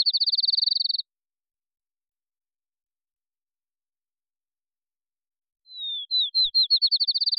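Field sparrow song: the tail of an accelerating trill, then after silence a new song starts with a descending whistle and quickening notes building into a fast trill.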